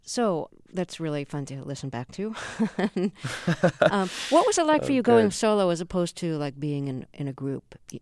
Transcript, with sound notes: So that's really fun to listen back to.
(LAUGHTER)
Oh good.
What was it like for you going solo as opposed to, like, being in a group,